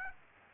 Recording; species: mosquito wingbeat signal from an infrared sensor; Aedes aegypti